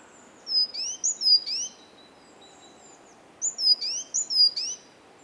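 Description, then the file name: Great tit calls: two quick phrases of several high, sharp, down-curving notes, separated by a short gap of quiet hiss. "Parus major"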